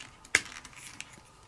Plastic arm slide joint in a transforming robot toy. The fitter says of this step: そしたらこのまま伸ばすカチっと言うまで